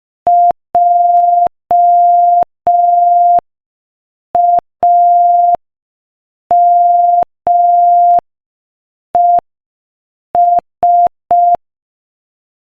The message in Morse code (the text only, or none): JAMES